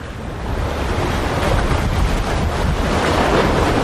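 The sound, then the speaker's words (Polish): Steady rushing of sea waves around a small traditional fishing boat out at sea on a fishing trip, a broad continuous wash of water with wind buffeting the microphone, growing slightly louder after the first half second and holding constant. “No ale żeby złowić taką piękną sztukę, na przykład dragonfish, trzeba się wybrać w morze na połów.”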